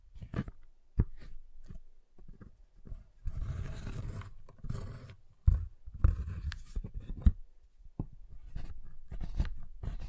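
A giant chocolate bar is handled with uneven taps, sharp snaps and scraping, cutting passes, including a longer rough stretch around four to five seconds.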